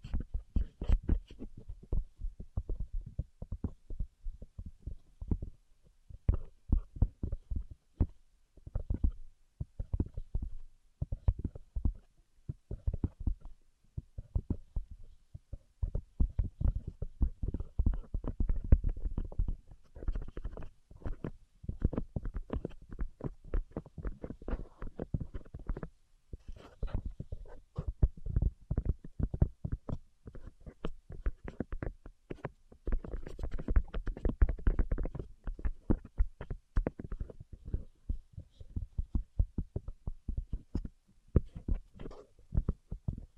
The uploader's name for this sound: Tapping Tingle Immunity Treatment (No Talking)